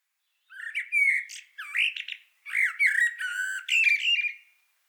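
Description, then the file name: Common blackbird uttering a continuous series of grating, squawky notes for about four seconds, with uneven, wavering pitch and brief gaps between phrases. "Turdus merula"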